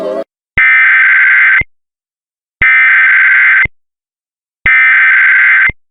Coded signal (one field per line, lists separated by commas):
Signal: Emergency Alert System (SAME) tones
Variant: header bursts